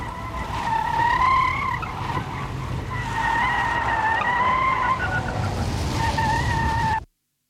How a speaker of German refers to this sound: Ein Stück Eisen auf der Autobahn, schwarz im Schatten einer Betonbrücke, ein dumpfer Schlag. Und ich komme ins Schleudern, schlingere hin und her.